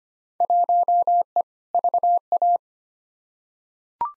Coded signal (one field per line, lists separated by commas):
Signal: Morse code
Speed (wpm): 25 wpm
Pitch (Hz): 700 Hz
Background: none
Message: 1E VA